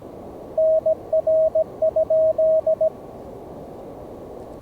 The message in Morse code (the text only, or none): NR?